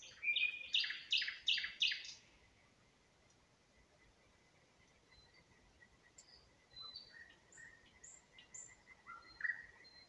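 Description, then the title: Nightingale song: a loud burst of rapid repeated chipping notes, then quieter scattered whistles and chirps over a faint steady hiss. Singing in spring near Huncha, Vinnytsia Oblast, Ukraine. "Unnamed Road, Гунча, Вінницька область, Україна, 23724-Spring, nightingale singing"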